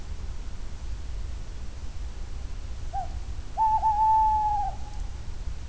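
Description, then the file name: Tawny owl song: a short opening note, a brief pause, then a long drawn-out hoot lasting over a second, over low-pitched background hum. Male tawny owl song. "canto verso maschio allocco strix aluco tawny owl waldkauz carabo comun chouette hulotte"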